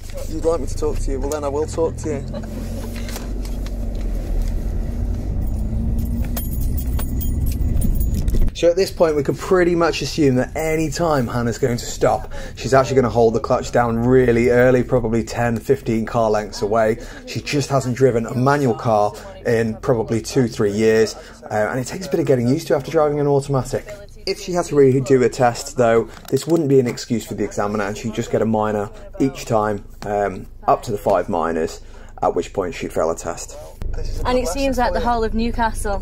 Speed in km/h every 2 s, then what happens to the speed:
3, 11, 13, 16, 16, 16, 11, 2, 0, 0, 0, 0, 0, 0, 0, 0, 0, 0.
0-5 speeds up to 16. 5-10 steady at about 16. 10-14 brakes to 2. 14-36 standing.